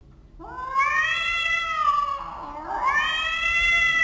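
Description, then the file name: Cat yowling, a long wavering wail that dips in the middle and then rises again into a second drawn-out howl. "Katten Uling"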